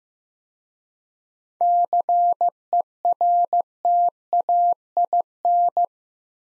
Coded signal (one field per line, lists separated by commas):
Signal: Morse code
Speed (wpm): 15 wpm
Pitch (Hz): 700 Hz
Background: none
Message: CERTAIN